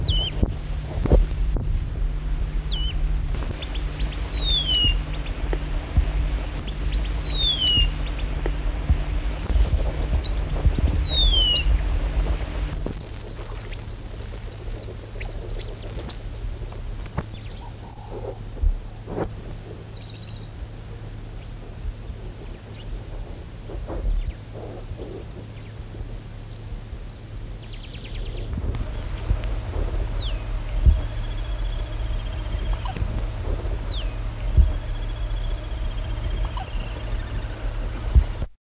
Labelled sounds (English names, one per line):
Cape Wagtail call